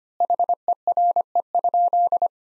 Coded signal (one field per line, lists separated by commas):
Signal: Morse code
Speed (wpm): 25 wpm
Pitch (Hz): 700 Hz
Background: none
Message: HERE?